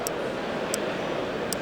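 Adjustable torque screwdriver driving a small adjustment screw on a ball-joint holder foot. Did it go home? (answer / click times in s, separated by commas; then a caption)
yes / 0.1 s, 0.7 s, 1.5 s. An adjustable torque screwdriver turns a small adjustment screw on a ball-joint holder foot past its set torque, so the clutch slips. It gives three sharp, repeatable clicks at 0.1 s, 0.7 s and 1.5 s over a steady background hum. The driver is confirmed to be releasing at its torque limit.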